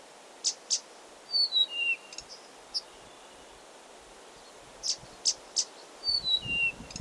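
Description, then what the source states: Blyth's reed warbler song: sharp high notes alternating with descending whistled slurs, in slow, spaced phrases. Recorded 16 June 2022.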